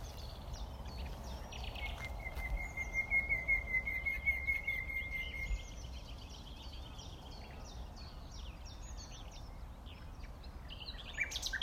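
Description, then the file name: Common nightingale singing softly: a sustained buzzy trill for a few seconds, then scattered faint chirps and twitters over steady background noise. "Luscinia megarhynchos"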